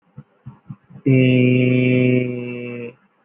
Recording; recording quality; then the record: sustained vowel as in made; excellent, no background noise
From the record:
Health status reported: healthy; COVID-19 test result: not tested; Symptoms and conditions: none ticked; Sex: male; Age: 28 years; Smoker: not ticked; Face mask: not worn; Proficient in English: yes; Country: India